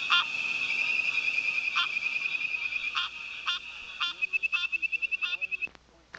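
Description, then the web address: Tree frogs calling in high, pulsed trills over a steady hum, with repeated sharp clicks and a quick run of loud pulses near the end. "Hylidae"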